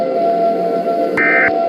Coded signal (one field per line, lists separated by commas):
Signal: Emergency Alert System (SAME) tones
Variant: end-of-message bursts